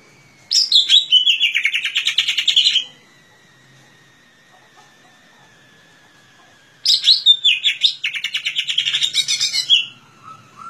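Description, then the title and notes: Leafbird gives two bursts of fast, rattling chirps that start high and drop, each two to three seconds long, separated by a quiet pause. Song used for training caged songbirds (masteran). "Suara Burung Cucak Ijo. mantap buat masteran burung cak ijo"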